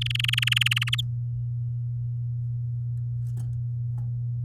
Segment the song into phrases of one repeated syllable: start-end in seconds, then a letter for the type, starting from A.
0.01-0.90 A, 0.92-1.01 B